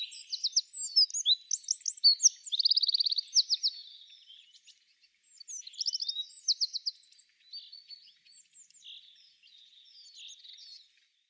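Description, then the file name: Eurasian wren singing bursts of shrill, tumbling notes and quick trills, with a pause before a second, softer burst of high twittering. "Troglodytes troglodytes"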